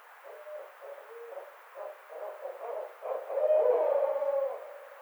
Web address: Barred Owl 2009 05 29 Barred Owl 03